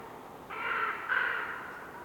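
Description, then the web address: Raven's harsh croak in two close parts. Raven croaking in a winter forest during a windy, whistling blizzard with snow, North Laurentian Woods, Canada. "WINTER Forest windy whistling blizzard snow with raven bird croaking, North Laurentian Woods, Canada. GDC 2018-Game Audio Bundle"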